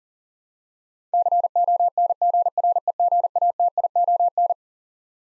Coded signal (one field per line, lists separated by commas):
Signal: Morse code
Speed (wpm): 40 wpm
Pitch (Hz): 700 Hz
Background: none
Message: CONGREGATION